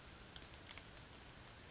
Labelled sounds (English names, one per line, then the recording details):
Western Flycatcher
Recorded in Sonoma County, California